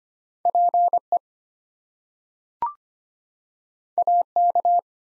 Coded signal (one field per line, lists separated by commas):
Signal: Morse code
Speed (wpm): 25 wpm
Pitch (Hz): 700 Hz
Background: none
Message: PE AK